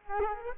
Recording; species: mosquito wingbeat signal from an infrared sensor; Culex quinquefasciatus